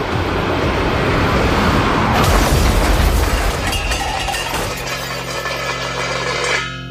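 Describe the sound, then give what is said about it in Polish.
A loud car crash as a large off-road vehicle slams into an old Opel cutting across its path and spins it around: a rumbling engine builds into a heavy, crunching impact with shattering debris, then settles into a steady tonal hum and ringing. No one speaks. “Wielkie auto uderzyło w zawali drogę i obróciło go wokół jego własnej osi.”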